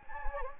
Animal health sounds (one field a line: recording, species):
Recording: mosquito wingbeat signal from an infrared sensor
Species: Anopheles gambiae